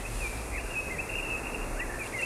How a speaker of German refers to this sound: Das ist die Atmo aus diesem Hexenwald. Ja, und? Na, da sind doch immer diese Stimmen, hörst du das?